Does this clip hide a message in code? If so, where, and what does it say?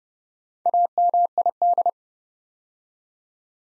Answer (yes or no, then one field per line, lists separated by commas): yes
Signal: Morse code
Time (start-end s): 0.7-1.9 s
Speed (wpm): 30 wpm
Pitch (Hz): 700 Hz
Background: none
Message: AMID